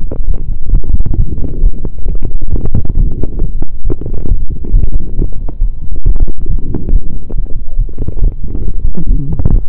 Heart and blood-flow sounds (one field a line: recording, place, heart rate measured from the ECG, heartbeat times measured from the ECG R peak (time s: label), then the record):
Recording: heart sounds by stethoscope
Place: between the tricuspid and mitral areas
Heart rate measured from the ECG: 136 bpm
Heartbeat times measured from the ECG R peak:
0.28 s: heartbeat
0.73 s: heartbeat
1.19 s: heartbeat
1.63 s: heartbeat
2.08 s: heartbeat
2.53 s: heartbeat
2.98 s: heartbeat
3.41 s: heartbeat
3.85 s: heartbeat
4.30 s: heartbeat
4.74 s: heartbeat
5.18 s: heartbeat
5.62 s: heartbeat
6.05 s: heartbeat
6.49 s: heartbeat
6.93 s: heartbeat
7.36 s: heartbeat
7.79 s: heartbeat
8.22 s: heartbeat
8.66 s: heartbeat
9.09 s: heartbeat
9.53 s: heartbeat
From the record:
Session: pedaling a stationary bicycle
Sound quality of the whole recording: saturated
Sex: male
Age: 23 years